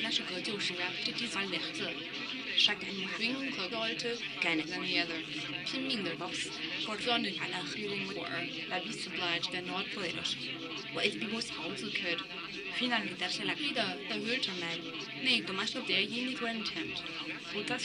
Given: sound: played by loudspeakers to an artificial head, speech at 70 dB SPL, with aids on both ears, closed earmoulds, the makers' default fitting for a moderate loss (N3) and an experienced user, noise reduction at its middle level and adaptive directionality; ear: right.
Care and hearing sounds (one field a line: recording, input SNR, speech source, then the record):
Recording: speech test signal (ISTS) in cocktail-party noise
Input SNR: +3 dB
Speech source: in front (0 degrees)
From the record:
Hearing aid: class 2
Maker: D